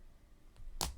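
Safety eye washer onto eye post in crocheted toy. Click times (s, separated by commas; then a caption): 0.8 s. A plastic washer back is pushed onto the post of a plastic safety eye through a crochet stitch on a crocheted Christmas tree stuffie pillow. After a faint tick at 0.6 s, a sharp snap is heard at 0.8 s as the backing seats onto the post. The safety eye is confirmed on.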